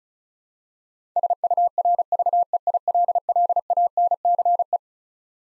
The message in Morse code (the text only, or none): SURVEILLANCE